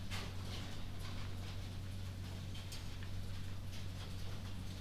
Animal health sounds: poultry house recording; no chicken sound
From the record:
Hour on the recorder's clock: 2

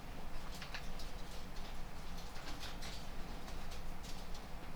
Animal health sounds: poultry house recording; no chicken sound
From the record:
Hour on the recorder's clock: 0

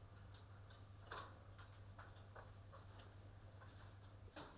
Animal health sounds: poultry house recording; no chicken sound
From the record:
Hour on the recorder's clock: 20

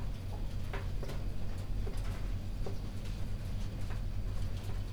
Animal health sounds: poultry house recording; no chicken sound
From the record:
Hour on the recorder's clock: 1

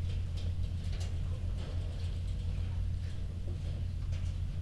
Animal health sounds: poultry house recording; healthy chickens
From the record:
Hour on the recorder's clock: 2

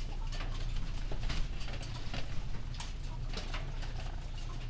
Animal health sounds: poultry house recording; healthy chickens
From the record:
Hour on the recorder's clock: 19

